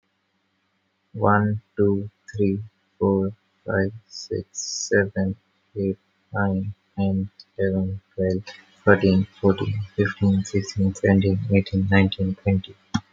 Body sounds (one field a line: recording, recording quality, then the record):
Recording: counting at a normal pace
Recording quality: excellent, no background noise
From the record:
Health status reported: healthy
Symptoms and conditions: asthma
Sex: male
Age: 22 years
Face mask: not worn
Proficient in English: yes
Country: India